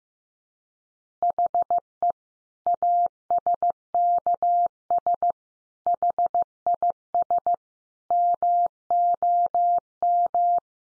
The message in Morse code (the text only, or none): HE ASKS HIS MOM